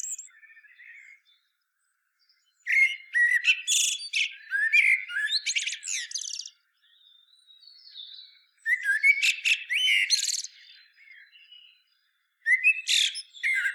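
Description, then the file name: Common blackbird delivering three song phrases, each a mellow whistled opening trailing into shrill, rapid twitters, separated by short quiet pauses. "Turdus merula"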